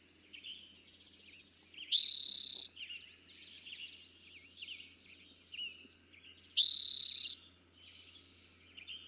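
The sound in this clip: Eastern towhee song: loud buzzy trill phrases about four and a half seconds apart, over a busy background of softer chirping.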